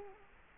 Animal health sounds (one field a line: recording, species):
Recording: mosquito wingbeat signal from an infrared sensor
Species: Culex quinquefasciatus